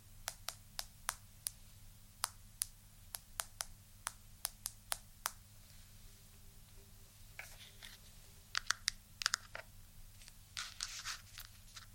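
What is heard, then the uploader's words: Sharp tapping sounds land one by one in an uneven rhythm, quick and bright, over a low steady hum. After the midpoint the taps turn softer and more scratchy, with brief rustling bursts toward the end. ASMR Helping You Fall Asleep Relaxing TappingTriggers.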